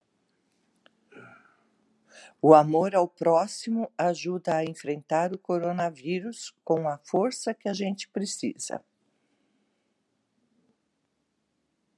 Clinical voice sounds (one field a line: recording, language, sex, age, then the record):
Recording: spoken sentence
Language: Brazilian Portuguese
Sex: female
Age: 60 to 69 years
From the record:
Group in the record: control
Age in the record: 62 years